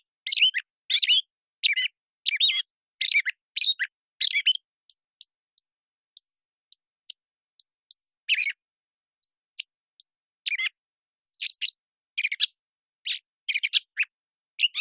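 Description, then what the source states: Gray catbird singing a long improvised string: scratchy phrases, then a run of thin high clear whistles, then more buzzy, squeaky notes in uneven rhythm. Male song performance, one long developing song string of whistles, squeaks, gurgles, whines and nasal tones with possible mimicry, phrases sung almost at random; parabolic recording, cleaned and processed.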